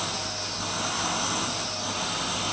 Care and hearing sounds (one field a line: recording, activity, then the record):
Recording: daily activity, microphone in the room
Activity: vacuum cleaning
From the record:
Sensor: 2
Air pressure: 988.5 hPa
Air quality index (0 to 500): 195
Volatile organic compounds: 210 ppm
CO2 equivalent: 4244 ppm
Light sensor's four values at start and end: 19/64/25/24 and 19/64/25/24